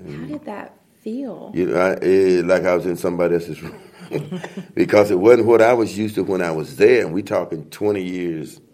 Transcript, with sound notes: How did that feel?
It–like I was in somebody else’s room (laughter) –because it wasn’t what I was used to when I was there, and we’re talking twenty years…